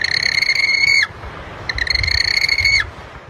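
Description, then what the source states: Yellow-eyed penguin call: two high, shrill, steady notes, each held about a second with a slight drop at the end, separated by a short pause. New Zealand bird known as hoiho, one of the rarest penguins in the world, voted New Zealand's Bird of the Year.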